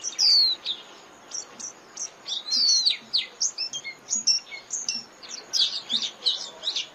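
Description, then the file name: White-eye twittering: a dense, continuous stream of high, thin chirps and slurred notes, varied and overlapping, with little pause throughout. Lure call (mồi) used for trapping white-eyes. "Tieng khuyen moi"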